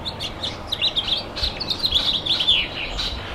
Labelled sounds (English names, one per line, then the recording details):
House Finch song
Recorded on Long Island, New York, on 23 June 2011
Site IT
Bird A